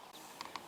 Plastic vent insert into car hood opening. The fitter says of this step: too bad the Pops right in you turn it around a hundred and eighty degrees and it just pops right in and I